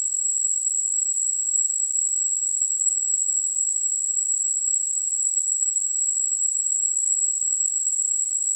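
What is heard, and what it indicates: A steady, very high-pitched whistle with a thin surrounding hiss holds unchanged for the whole clip, with no pulsing or breaks. It is a simulated tinnitus sound, imitating the constant high ringing a person with tinnitus hears.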